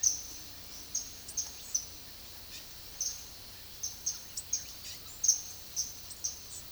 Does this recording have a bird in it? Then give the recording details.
no. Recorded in secondary vegetation near Puerto Asís, Putumayo, Colombia, on 20 February 2024 at 12:00. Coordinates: 0.500, -76.326. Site G6428